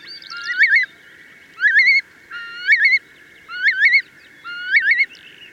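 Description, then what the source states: Eurasian Curlew giving fluty rising whistles that break into a bubbling trill, five phrases spaced roughly a second apart. Beautiful, melodious, sad call that sounds lovely over wide meadows.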